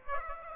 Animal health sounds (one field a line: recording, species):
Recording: mosquito wingbeat signal from an infrared sensor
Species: Aedes aegypti